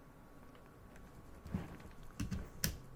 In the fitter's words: clicks right in and you just do that with the other side too